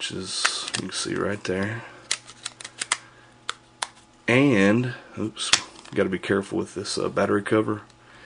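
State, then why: Not seated. A plastic battery cover on the back of a Cingular Palm Treo 750 smartphone is handled after it nearly comes off, while someone talks. Between about 2.1 and 3.8 seconds there are several short, sharp clicks and taps from the handling. Nothing has seated or clicked into place yet.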